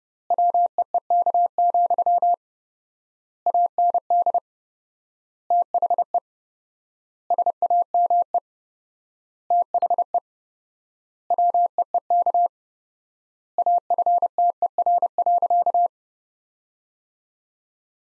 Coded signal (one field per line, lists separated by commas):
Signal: Morse code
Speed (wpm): 30 wpm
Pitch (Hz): 700 Hz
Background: none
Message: WEEK, AND THE SAME THE WEEK AFTER.